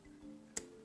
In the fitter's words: it clicks in place so